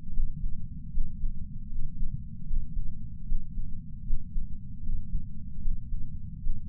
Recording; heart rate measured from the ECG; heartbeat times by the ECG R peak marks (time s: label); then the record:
heart sounds by patch sensor on the chest; 76 bpm
0.13 s: heartbeat
0.92 s: heartbeat
1.69 s: heartbeat
2.47 s: heartbeat
3.26 s: heartbeat
4.04 s: heartbeat
4.83 s: heartbeat
5.61 s: heartbeat
6.41 s: heartbeat
From the record:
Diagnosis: coronary artery disease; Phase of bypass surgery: preoperative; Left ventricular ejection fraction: 66.3%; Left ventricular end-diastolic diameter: 44 mm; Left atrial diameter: 34 mm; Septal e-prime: 5.3 cm/s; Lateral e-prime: 9.3 cm/s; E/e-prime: 13.2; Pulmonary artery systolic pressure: 31 mmHg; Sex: male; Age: 76 years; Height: 164 cm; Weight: 75 kg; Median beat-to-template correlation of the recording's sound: 0.83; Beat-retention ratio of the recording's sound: 0.97